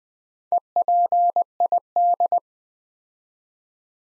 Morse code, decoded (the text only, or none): EPID